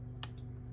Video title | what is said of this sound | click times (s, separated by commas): SALTWATER REEF AQUARIUM DOSING SYSTEM For 2 Part * DIY Custom Setup * | that click now you can go and tighten and you will not strip them because | 0.2 s